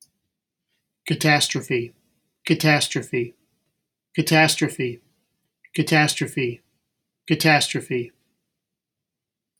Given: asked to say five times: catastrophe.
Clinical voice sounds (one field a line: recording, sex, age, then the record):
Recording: repeated word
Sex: male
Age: 60 to 69 years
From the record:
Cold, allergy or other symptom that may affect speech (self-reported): no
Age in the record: 63 years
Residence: Pennsylvania, United States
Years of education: 16